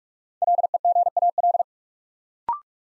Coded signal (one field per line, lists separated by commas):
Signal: Morse code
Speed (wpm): 48 wpm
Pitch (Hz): 700 Hz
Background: none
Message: LEGAL